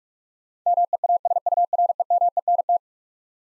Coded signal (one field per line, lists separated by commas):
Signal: Morse code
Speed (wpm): 44 wpm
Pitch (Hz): 700 Hz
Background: none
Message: MEASUREMENT